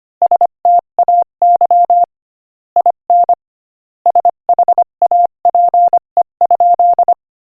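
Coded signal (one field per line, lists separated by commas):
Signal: Morse code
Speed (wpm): 24 wpm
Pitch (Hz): 700 Hz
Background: none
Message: STAY IN SHAPE?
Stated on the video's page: Morse practice clip at 25 wpm.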